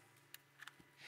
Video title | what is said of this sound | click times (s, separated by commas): RF and Energy Based Devices | wire right to the electrode or the applicator it's gonna click right in | 0.3 s